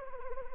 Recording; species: mosquito wingbeat signal from an infrared sensor; Anopheles arabiensis